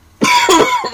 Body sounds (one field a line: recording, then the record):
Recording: coughing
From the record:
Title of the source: Dry Coughing Fit in the Afternoon.